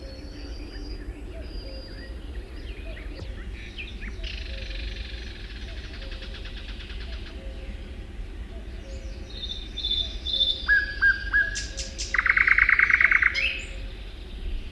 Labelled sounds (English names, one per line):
Barred Warbler song